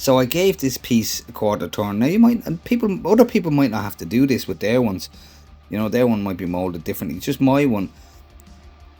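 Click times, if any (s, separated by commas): 8.4 s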